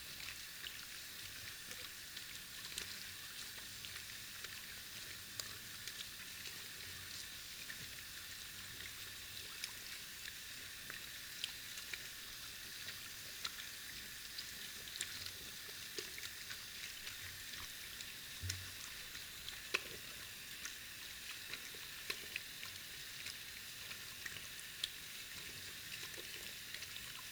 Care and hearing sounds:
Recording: daily activity, guitar pickup as the sensor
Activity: wash hands

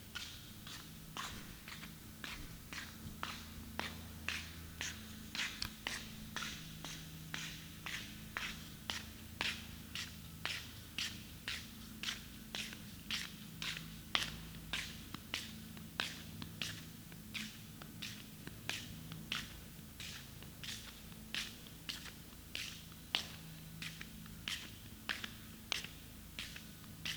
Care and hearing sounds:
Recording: daily activity, guitar pickup as the sensor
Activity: walk

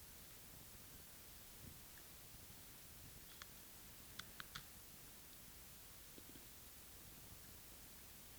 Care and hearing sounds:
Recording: daily activity, guitar pickup as the sensor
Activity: eat

